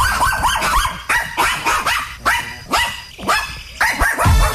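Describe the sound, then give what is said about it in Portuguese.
Several dogs bark loudly and rapidly, their sharp, overlapping woofs and higher yips tumbling over one another in a steady frantic stream with no talking. “Solta os cachorros, Ronaldo”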